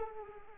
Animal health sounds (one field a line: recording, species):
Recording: mosquito wingbeat signal from an infrared sensor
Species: Anopheles arabiensis